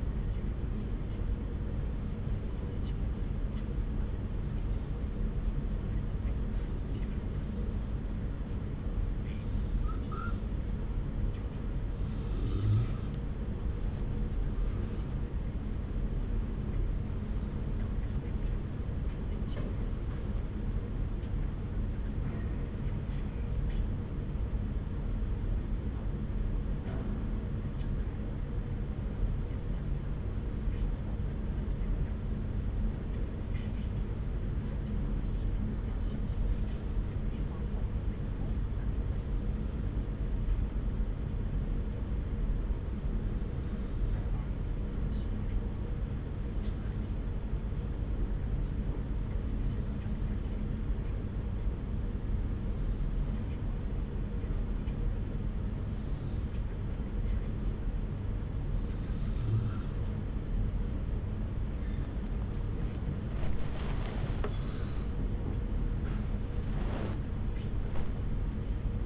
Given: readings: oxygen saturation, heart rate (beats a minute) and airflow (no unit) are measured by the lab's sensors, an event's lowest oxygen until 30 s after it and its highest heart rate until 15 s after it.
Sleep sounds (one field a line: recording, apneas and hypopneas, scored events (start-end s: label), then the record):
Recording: breathing in sleep by a smartphone at the bedside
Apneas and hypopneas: 1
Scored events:
33.00-60.70 s: hypopnea (REM, oxygen 97% highest, then 93% lowest)
66.00-69.06 s: new sleep stage, N1 (lightest sleep)
From the record:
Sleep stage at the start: REM sleep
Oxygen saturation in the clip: 92 to 97%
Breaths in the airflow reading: 20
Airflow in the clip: -2.3 to 3.7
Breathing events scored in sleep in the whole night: 335 in 6.7 hours asleep